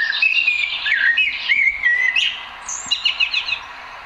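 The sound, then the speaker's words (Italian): A blackbird sings in a steady run of fluid, warbling phrases, then shifts to a few higher, quicker chirps near the end. No voices, just the bird over faint background hiss. “È proprio uno di loro, infatti, affamato e impaurito, che incontra un giorno Valentina nel giardino, avvertita dal suo amico Merlo.”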